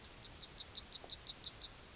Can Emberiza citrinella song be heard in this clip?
yes